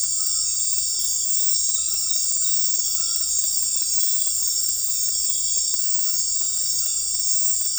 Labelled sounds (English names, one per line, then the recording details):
none
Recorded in dense forest near Puerto Asís, Putumayo, Colombia, on 21 February 2024 at 01:30
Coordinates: 0.484, -76.317
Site G6464